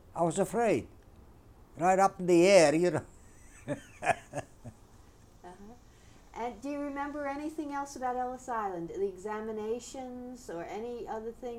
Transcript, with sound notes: I was afraid. Right up in the air, you know. ( he laughs )
Do you remember anything else about Ellis Island, the examinations or any other thing?